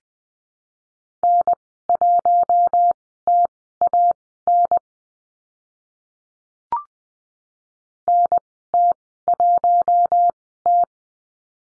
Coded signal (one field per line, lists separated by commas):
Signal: Morse code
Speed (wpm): 20 wpm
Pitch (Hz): 700 Hz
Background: none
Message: N1TAN NT1T